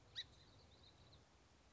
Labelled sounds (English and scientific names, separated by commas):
Song Sparrow (Melospiza melodia)